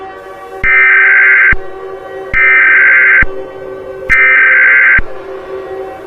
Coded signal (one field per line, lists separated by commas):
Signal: Emergency Alert System (SAME) tones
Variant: header bursts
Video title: EAS Scenario: The War Machine